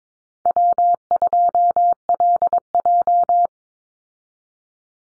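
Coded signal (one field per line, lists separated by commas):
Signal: Morse code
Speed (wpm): 22 wpm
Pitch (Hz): 700 Hz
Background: none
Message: W2LJ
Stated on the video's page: Morse code callsign drill at 22 wpm for head-copy practice, each easy 1x2 or 2x1 callsign sent twice, spoken, then sent again.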